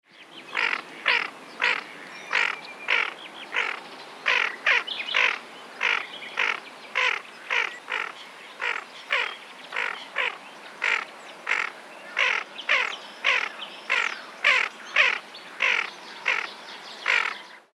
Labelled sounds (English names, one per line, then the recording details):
Tufted Duck
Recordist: Frommolt, Karl-Heinz
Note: Rufe